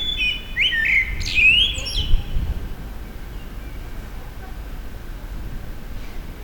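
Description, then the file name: Common blackbird song: one short whistled warble followed by a high scratchy twitter, then several seconds of quiet background hum. Recorded at a petrol station, April 2021. "2021 APR-Amsel-Tankstelle"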